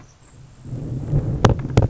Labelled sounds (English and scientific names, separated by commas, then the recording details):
Grasshopper Sparrow (Ammodramus savannarum)
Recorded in Sonoma County, California